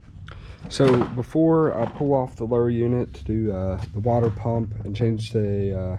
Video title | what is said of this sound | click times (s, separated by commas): 300 Hour Mercury 75-115 HP Full Service | You just line it up, push it over that spark plug. If you're real quiet, you can hear it click on there. | 0.3 s